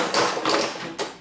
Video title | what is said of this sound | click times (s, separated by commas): Introduction to the Xyron Creatopia | and I'm doing this from the side so this is kind of hard for me to do make sure it snaps into place | 0.1 s, 1.0 s